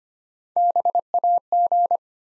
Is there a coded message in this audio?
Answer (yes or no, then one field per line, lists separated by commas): yes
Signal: Morse code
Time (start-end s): 0.6-2.0 s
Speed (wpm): 25 wpm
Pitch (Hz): 700 Hz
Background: none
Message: BAG